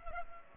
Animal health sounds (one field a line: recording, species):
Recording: mosquito wingbeat signal from an infrared sensor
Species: Culex pipiens